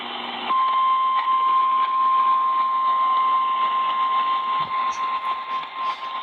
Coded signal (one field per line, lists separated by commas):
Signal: Emergency Alert System (SAME) tones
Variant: 1050 Hz attention tone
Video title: TORS AND FLUDDZ BELOW... EAS Alerts from 3/28-29/20 (EAS 2337-2350)